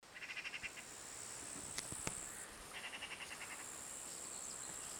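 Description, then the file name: Eurasian magpie giving two harsh, rapid rattling chatters of several dry notes each, with a couple of sharp clicks between them over steady hiss. "Pica pica"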